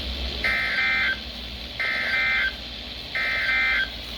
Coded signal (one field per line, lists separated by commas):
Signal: Emergency Alert System (SAME) tones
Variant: end-of-message bursts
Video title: WEEKLIES - EAS Tests from 06/29/2022 (EAS #503-506)